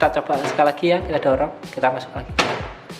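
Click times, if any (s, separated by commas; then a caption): none. A computer component is being handled at its slot in a PC case while someone talks. It is not yet pushed home, and nothing has seated or clicked yet.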